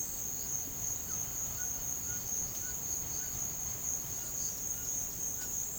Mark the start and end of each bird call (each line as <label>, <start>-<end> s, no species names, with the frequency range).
bird call (0.6-2.1 kHz), 1.06-3.33 s
bird call (0.9-2.0 kHz), 4.20-5.79 s